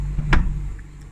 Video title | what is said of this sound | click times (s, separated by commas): Tailgate Light Switch / Door Rattle Adjustment - Boot Trunk - Tarago Previa Estima TCR10 | that's the first click, just like that. But I can no longer push it to the second | 0.3 s